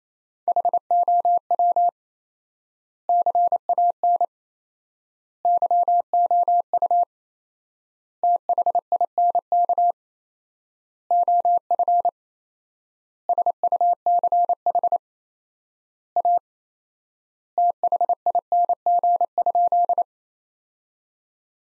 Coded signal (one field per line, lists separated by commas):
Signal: Morse code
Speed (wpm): 27 wpm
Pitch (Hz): 700 Hz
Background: none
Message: HOW CAN YOU THINK OF SUCH A THING?